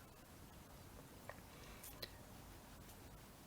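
A plastic fuse puller is clipped onto the back of a blade fuse in a car fuse box and pulled, drawing the fuse out of its socket. A small tick at 1.3 s and a brief rustle are followed by a sharp short click at 2.0 s as the fuse comes free and is released.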